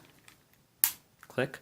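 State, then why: Seated. A detachable game controller is slid back onto the rail of a tablet console and latches with a sharp, bright click at 0.8 s, leaving it seated. Fainter small ticks come before it, and someone talks briefly afterward.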